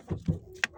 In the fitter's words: you hear the click you come to the front of the car